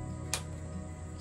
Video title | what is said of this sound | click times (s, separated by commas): Laurel Mountain Outfitters Adjustable Quiver | snapped in place no movement | 0.3 s